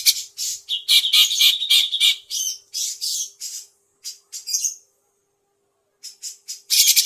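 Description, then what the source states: Grey-cheeked bulbul calls: a run of harsh, squawky notes repeated several times a second, a short pause, then a few scratchy notes and a burst of rattling chatter. Tutor song for teaching birds, long duration.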